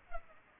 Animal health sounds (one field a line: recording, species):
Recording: mosquito wingbeat signal from an infrared sensor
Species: Culex pipiens